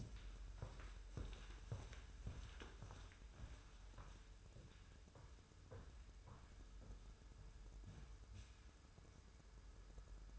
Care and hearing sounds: daily activity, microphone in the room; walk to room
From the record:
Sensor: 2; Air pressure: 994.3 hPa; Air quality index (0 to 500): 206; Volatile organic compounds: 1000 ppm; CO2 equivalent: 6785 ppm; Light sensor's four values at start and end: 63/148/61/60 and 70/162/67/66

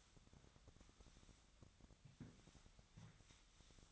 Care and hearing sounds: daily activity, microphone in the room; sweep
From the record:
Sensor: 3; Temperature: 25.7 degrees Celsius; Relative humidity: 37.5%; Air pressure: 1006.9 hPa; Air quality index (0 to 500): 204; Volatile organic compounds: 18 ppm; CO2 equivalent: 2612 ppm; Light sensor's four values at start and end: 11/25/10/10 and 11/25/10/10

